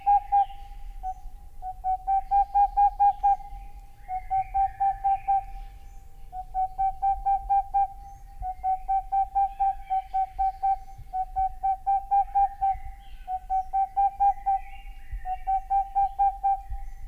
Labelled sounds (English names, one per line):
Boreal Owl